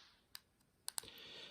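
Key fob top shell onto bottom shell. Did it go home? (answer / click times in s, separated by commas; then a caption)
yes / 0.3 s, 0.9 s, 1.0 s. The top half of a plastic Buick key fob shell is set on and squeezed onto the bottom half after a battery change. Sharp snaps are heard at 0.4, 0.9 and 1.0 seconds, and the two halves click into place, seated.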